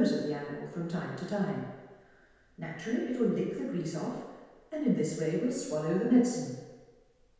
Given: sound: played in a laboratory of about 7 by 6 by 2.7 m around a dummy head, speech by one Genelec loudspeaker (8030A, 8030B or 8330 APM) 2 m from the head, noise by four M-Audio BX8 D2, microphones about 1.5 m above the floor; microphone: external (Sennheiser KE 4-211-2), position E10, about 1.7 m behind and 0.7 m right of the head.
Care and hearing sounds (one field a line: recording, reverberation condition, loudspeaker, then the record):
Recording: female speech in English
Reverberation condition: high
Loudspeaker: 90 degrees to the right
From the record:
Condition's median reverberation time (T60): about 1300 ms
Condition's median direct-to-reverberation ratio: about -4.0 dB